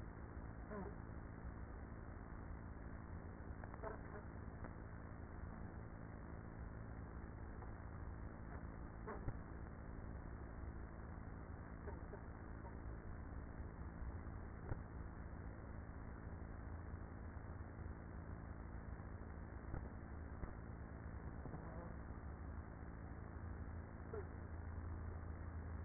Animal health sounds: honeybee colony, microphone inside the hive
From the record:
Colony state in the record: queenless with a low population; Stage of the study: after two queens were removed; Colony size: about 30,000 bees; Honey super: no

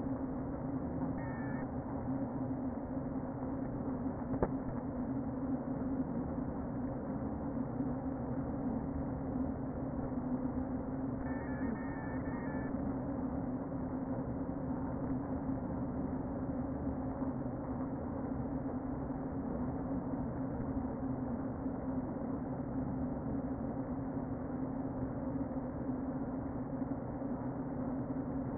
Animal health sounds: honeybee colony, microphone inside the hive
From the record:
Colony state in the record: queen present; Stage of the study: before two queens were removed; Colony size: about 60,000 bees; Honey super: yes

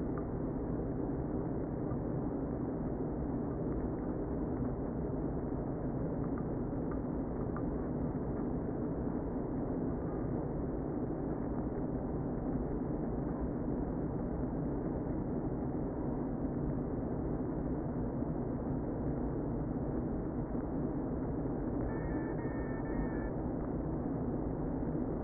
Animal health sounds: honeybee colony, microphone inside the hive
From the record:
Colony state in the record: queen present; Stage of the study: before two queens were removed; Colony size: about 60,000 bees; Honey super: yes

